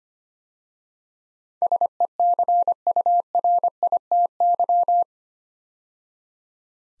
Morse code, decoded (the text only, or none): SECURITY